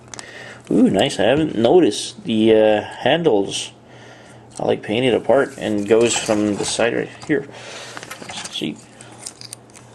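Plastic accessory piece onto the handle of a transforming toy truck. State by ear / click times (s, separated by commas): seated / 9.5 s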